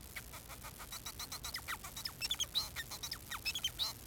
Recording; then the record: song of a male Bengalese finch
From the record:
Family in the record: son of father 4